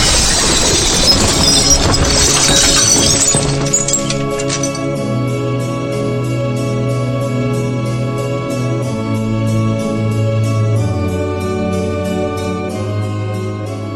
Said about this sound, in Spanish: La colosal criatura bufó sonoramente, para a continuación salir a toda velocidad por la cúpula de cristal de la parte superior de la sala. El sonido de los cristales rotos fue ensordecedor.